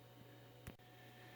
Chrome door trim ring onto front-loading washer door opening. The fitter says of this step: and it's all tight it's snapped on quite nicely